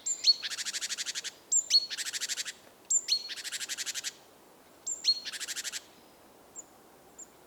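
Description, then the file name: Great tit call repeated four times: each starts with thin high whistled notes, then a rapid buzzy churring chatter lasting about a second, with pauses between bouts. "Parus major"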